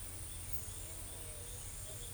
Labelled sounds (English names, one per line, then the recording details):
Pale-vented Pigeon
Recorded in forest near Pivijay, Magdalena, Colombia, on 2 June 2023 at 17:00
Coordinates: 10.467, -74.380
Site Z5-G034